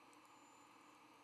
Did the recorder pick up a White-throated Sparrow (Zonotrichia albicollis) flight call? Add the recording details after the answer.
no. No flight call is heard. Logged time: 05:56 on 12 November 2014